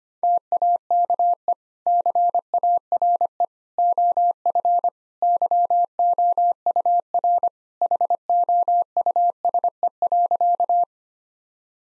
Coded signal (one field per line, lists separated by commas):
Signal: Morse code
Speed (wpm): 25 wpm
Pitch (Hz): 700 Hz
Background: none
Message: TAKE CARE OF YOUR HOUSE.